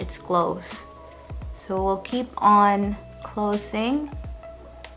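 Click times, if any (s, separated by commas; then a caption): 4.8 s. Someone talks while pressing the edge of a plastic Body Glove Tidal waterproof case shut around an iPhone 15 Pro Max. A small, sharp click at 4.8 s shows the case edge has snapped closed and is sealed.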